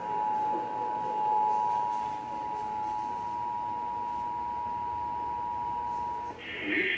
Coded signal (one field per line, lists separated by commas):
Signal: Emergency Alert System (SAME) tones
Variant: 853 and 960 Hz attention tone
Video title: Swimming Tornadoes|EAS Alerts and Connecticut Monthly Test from 7/16/24